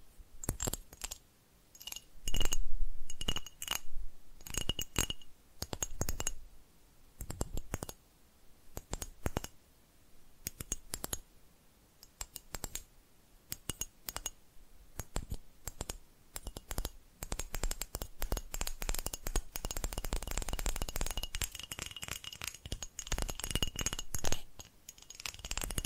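Tapping triggers: quick, sharp clicks and taps with a glassy, clinking edge, arriving in uneven bursts and short pauses. Early on the taps come sparse and loud; after about fifteen seconds they grow dense and rapid, nearly continuous through the end.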